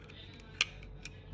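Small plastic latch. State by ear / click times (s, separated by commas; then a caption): seated / 0.6 s. After an outside-the-waistband holster's attachment is clipped over a belt, its plastic locking lever is pushed backwards with the right hand until it locks. A sharp click is heard at 0.6 s, with a few fainter ticks around it. The lever seats in its locked position.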